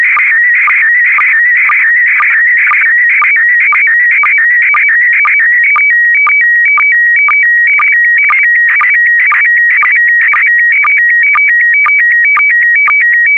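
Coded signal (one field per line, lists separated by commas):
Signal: SSTV (slow-scan television)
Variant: PD120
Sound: steady warbling whistle hopping between two high pitches, with short low chirps twice a second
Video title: (05 of 12) ISS Expedition 63 - MAI-75 August 2020 - Retransmission SSTV PD120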